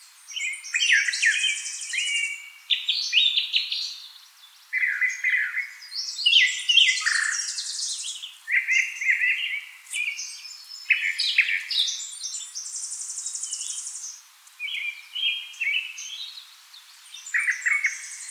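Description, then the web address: Northern mockingbird delivering a long, continuous medley of repeated phrases, mixing chattering trills, sharp chips and buzzy high notes with short pauses between groups. Recorded 4 February 2007. "Northern Mockingbird 2007 02 04"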